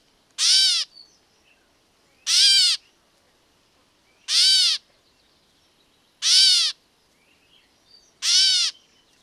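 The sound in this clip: Catbird mewing: a short, nasal, cat-like mew repeated five times, about every two seconds, over a quiet background.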